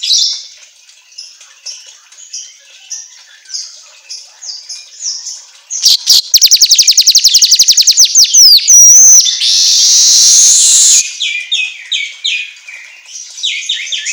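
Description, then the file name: Asian golden weaver song: repeated scratchy chatter phrases build into a rapid rattling click train, a whistle, a loud buzzy sizzle, then more chattering. Meant for training songbirds to sing vigorously ('auto gacor'). "Suara Kicau Manyar Kepala Emas Auto Gacor"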